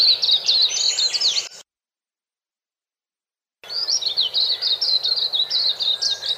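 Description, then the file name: White-eye singing a rapid, high, tinkling twitter of slurred notes; the song breaks off for about two seconds of silence, then resumes just as busy. "suara kicauan burung kacamata perak. omkicau"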